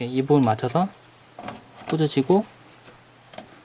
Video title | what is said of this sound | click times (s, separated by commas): How To Build a Computer Part4 Power Cable + Graphic Card | 이렇게 소리가 나면서 이렇게 장착이 됩니다. | 3.3 s, 3.4 s